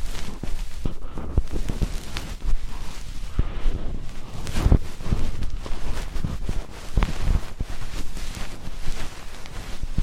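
Traditional Chinese ear cleaning and earwax removal: a steady run of rough scraping and rustling with a low rumble underneath. Sharp clicks and knocks break through now and then, most clearly near the middle and again around seven seconds.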